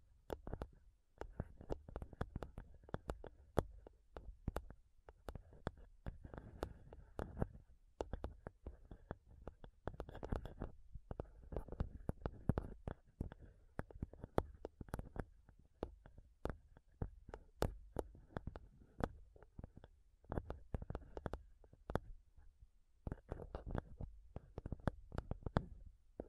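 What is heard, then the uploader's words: Fingernails tap rapidly on a microphone, close and sharp. The clicks come in dense, uneven bursts across the whole stretch, each with a hard bright edge over a dull low thump, separated by brief quiet gaps. The tapping is heaviest around ten seconds. ASMR INTENSE MIC TAPPING Sounds Using Nails (no talking).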